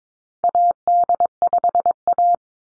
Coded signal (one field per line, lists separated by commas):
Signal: Morse code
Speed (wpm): 22 wpm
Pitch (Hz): 700 Hz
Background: none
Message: AD5A